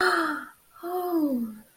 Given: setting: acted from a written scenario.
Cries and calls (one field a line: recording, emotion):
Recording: vocal sound without words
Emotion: interest